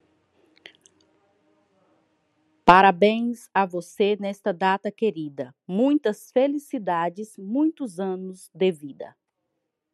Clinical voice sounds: short text; Brazilian Portuguese; female; 30 to 39 years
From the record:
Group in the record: control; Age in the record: 36 years

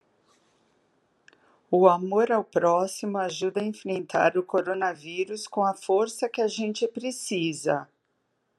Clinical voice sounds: spoken sentence; Brazilian Portuguese; female; 50 to 59 years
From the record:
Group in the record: control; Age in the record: 59 years

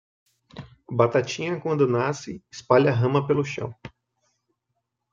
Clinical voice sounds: short text; Brazilian Portuguese; male; 30 to 39 years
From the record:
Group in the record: control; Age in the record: 36 years

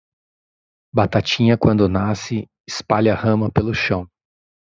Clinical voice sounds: short text; Brazilian Portuguese; male; 50 to 59 years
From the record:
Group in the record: control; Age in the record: 52 years

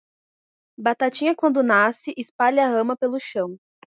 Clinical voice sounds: short text; Brazilian Portuguese; female; 30 to 39 years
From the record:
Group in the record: control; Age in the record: 37 years

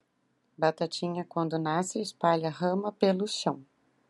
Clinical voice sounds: short text; Brazilian Portuguese; female; 40 to 49 years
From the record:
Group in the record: control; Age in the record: 45 years

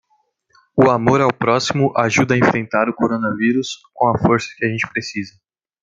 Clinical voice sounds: spoken sentence; Brazilian Portuguese; male; 18 to 19 years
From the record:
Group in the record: control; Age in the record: 19 years

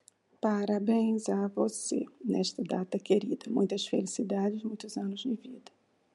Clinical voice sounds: short text; Brazilian Portuguese; female; 60 to 69 years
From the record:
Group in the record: control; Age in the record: 60 years

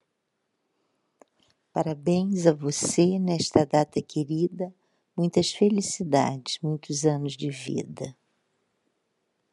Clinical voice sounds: short text; Brazilian Portuguese; female; 60 to 69 years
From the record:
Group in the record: control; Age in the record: 67 years

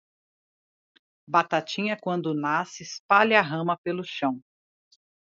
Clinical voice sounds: short text; Brazilian Portuguese; female; 50 to 59 years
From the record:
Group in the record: control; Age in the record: 53 years

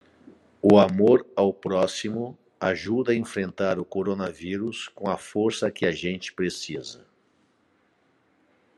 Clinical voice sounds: spoken sentence; Brazilian Portuguese; male; 50 to 59 years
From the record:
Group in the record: control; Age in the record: 58 years

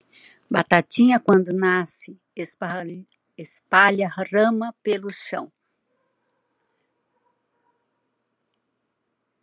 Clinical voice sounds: short text; Brazilian Portuguese; female; 70 to 79 years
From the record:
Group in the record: control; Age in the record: 75 years

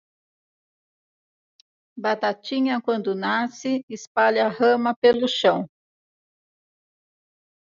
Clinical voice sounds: short text; Brazilian Portuguese; female; 60 to 69 years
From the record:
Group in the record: control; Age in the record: 65 years

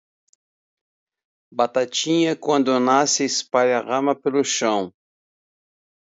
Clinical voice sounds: short text; Brazilian Portuguese; male; 50 to 59 years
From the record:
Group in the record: control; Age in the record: 50 years

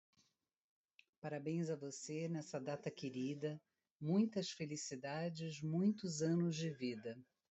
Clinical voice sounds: short text; Brazilian Portuguese; female; 50 to 59 years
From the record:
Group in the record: control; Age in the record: 53 years

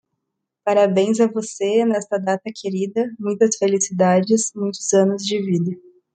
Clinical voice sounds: short text; Brazilian Portuguese; female; 20 to 29 years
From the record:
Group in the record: control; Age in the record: 21 years

